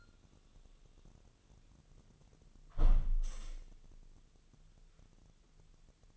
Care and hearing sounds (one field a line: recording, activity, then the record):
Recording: daily activity, microphone in the room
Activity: close window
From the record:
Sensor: 4